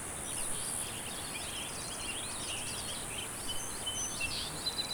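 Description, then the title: Cicadas keep up a shrill, unbroken drone, joined by chattering birds and a few brief whistled notes. "neoscenes: cicadas"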